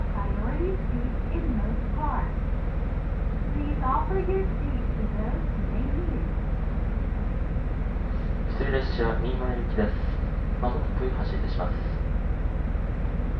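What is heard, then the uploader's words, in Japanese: Riding a local train on the Tsugaru Line between Kanita and Tsugaru-Futamata, with a heavy, steady low rumble throughout. Voices talk over it, briefly near the start and more clearly from about eight seconds to the end. 津軽線 蟹田→津軽二股。列車はGV-E400系の1両で、いわゆるハイブリッド車になります。ほどよく混んでいてロングシートに座ります。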